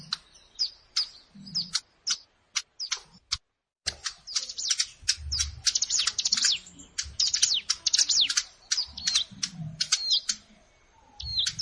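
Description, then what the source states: Plain prinia song: dense, rapid high chirps and sharp clicking notes in quick bursts, with a brief pause early on, over faint low background rumble. Recorded in a rice field (sawah).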